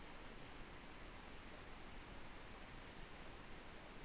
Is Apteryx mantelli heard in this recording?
no